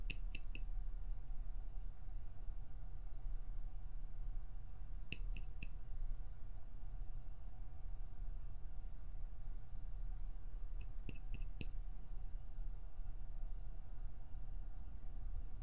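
Three quick clusters of small plucking clicks, near the start, around five seconds and near eleven, over a steady low hum.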